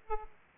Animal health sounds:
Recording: mosquito wingbeat signal from an infrared sensor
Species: Aedes aegypti

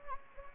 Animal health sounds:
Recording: mosquito wingbeat signal from an infrared sensor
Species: Anopheles gambiae

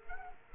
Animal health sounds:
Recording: mosquito wingbeat signal from an infrared sensor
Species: Culex quinquefasciatus

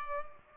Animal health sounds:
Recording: mosquito wingbeat signal from an infrared sensor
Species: Culex pipiens

